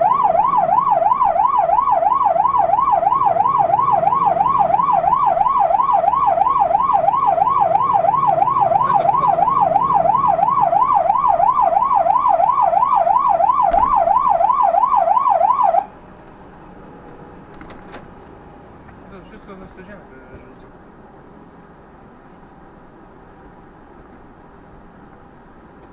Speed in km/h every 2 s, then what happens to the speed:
18, 22, 26, 33, 40, 42, 41, 39, 38, 36, 30, 23, 14.
0-10 speeds up to 42. 10-26 slows to 14.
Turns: none.